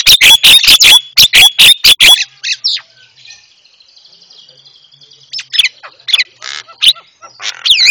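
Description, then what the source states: Javan myna song: a fast series of loud clicking notes with a whistled tone, a quieter pause, then scattered squeaks and a rising whistle. Masteran for training cage birds; white-eyed form (mata putih).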